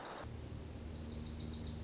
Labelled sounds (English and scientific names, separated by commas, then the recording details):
Wilson's Warbler (Cardellina pusilla)
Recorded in Sonoma County, California